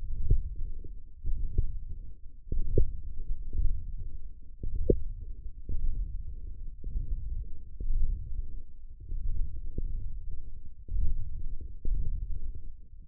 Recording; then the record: forearm muscle sounds (acoustic myography)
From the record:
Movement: radial deviation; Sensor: system 1, eight BSWA MPA416 microphones around the upper forearm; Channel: 6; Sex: male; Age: 21 years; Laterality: right